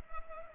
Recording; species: mosquito wingbeat signal from an infrared sensor; Culex pipiens